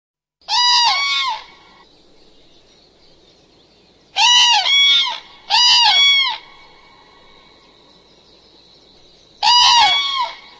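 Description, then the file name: Common crane calls, loud harmonic trumpeting notes in short bursts, given four times with pauses of up to about three seconds between, over a faint steady background hiss. "Ptaki - Żuraw"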